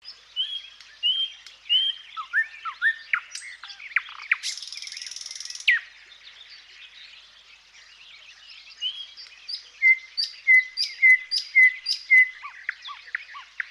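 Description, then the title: Thrush nightingale song, a loud varied sequence of whistles, rattles and harsh notes, then a fast series of repeated clipped whistles and clicks. "Viikon luontoääni: Satakieli"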